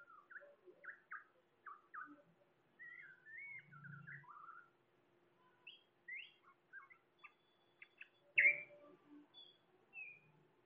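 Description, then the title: Bird chirping in short, sharp rising and falling notes, repeated in loose series, with one louder burst. "SuaraBurung Kicau"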